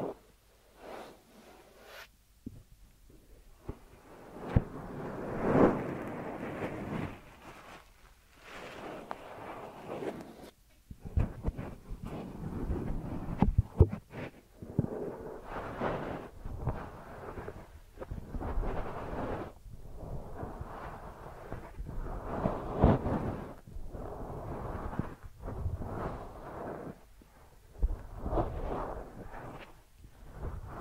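Deep ear massage: dull rubbing and rustling strokes come in irregular bursts, each lasting a second or two, with brief near-silent gaps between. The sound sits low and muffled, with soft thumping, and the strokes grow denser and busier after about ten seconds.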